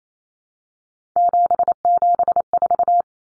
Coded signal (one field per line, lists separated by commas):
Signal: Morse code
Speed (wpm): 28 wpm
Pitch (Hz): 700 Hz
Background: none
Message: 774